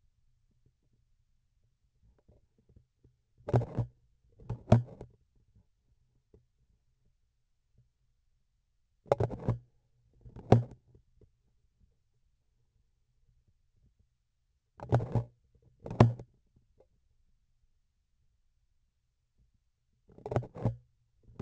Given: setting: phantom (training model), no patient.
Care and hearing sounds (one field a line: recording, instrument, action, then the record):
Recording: laparoscopic instrument, vibration sensor on the handle end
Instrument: grasping forceps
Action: opening and closing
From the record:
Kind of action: tool actuation without material contact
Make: other than Olympus